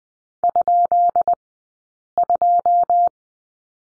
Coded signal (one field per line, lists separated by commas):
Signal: Morse code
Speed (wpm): 20 wpm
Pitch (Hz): 700 Hz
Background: none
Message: ?2